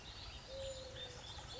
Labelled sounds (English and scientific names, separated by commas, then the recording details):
Mourning Dove (Zenaida macroura)
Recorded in Sonoma County, California